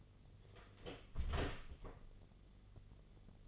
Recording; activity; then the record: daily activity, microphone in the room; close door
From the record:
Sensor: 4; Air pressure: 1016.1 hPa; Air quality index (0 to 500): 210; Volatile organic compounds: 13 ppm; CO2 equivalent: 2400 ppm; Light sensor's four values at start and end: 9/20/8/7 and 9/20/8/7